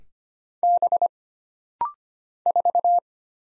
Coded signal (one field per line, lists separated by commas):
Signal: Morse code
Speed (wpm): 25 wpm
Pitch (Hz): 700 Hz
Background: none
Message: B 4